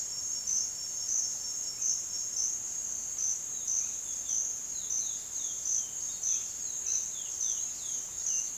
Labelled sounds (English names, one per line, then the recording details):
Chestnut-bellied Seed Finch
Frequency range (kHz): Chestnut-bellied Seed Finch 2.2-4.9 kHz
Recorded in secondary vegetation near Puerto Asís, Putumayo, Colombia, on 22 June 2025 at 09:00
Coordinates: 0.499, -76.323
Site G077